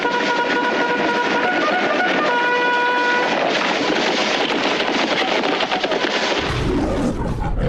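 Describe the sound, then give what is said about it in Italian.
A cavalry charge sound effect: a brassy horn call sounds for the first few seconds over a loud, continuous thundering roar that keeps rushing on steadily after the horn stops. “Suonate la carica!”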